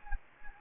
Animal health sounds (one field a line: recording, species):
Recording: mosquito wingbeat signal from an infrared sensor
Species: Anopheles gambiae